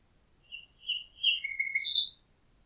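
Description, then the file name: Common nightingale song: three short, clear notes in a row, then a lower note and a final higher one. "Nachtigall"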